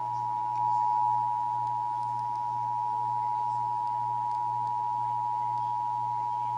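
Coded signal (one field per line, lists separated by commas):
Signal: Emergency Alert System (SAME) tones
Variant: 853 and 960 Hz attention tone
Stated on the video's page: Texas Required Monthly Test tones aired on AM, FM and TV stations.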